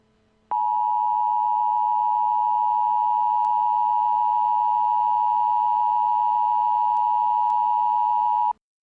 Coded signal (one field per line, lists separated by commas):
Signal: Emergency Alert System (SAME) tones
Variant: 853 and 960 Hz attention tone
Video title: EAS | Northern California Tornado (02/19/13)